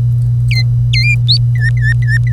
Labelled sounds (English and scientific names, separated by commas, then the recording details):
Domestic Canary (Serinus canaria) song
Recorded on 25 April 2018 at 08:41
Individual llb3